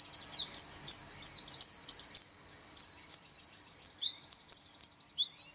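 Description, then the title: White-eye delivering a quick run of high, sweet twittering notes, some swooping downward toward the end, over a quiet background. "Pleci"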